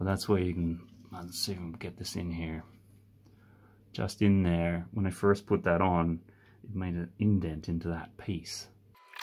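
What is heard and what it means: Someone talks while pressing a plastic brick piece onto the pins of a JMBricklayer Lego-compatible 3-in-1 medieval siege weapon model (catapult, bombard and ballista kit), with the pins not all the way in and the piece not fully aligned. The piece is only being handled and pushed into place; nothing has seated or clicked yet.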